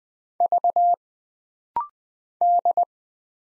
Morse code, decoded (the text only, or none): V D